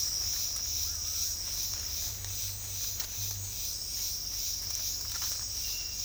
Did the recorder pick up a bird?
no